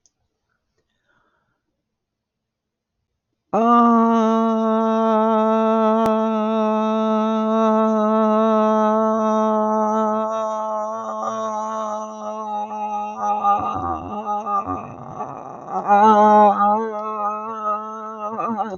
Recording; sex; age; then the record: vowel held as long as possible; female; 60 to 69 years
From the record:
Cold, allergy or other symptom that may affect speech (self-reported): no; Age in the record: 65 years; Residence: Washington, United States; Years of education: 12